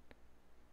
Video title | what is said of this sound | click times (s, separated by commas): Microlight Installation and Function | push it in you should click back into place | 0.1 s